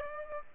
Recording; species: mosquito wingbeat signal from an infrared sensor; Aedes aegypti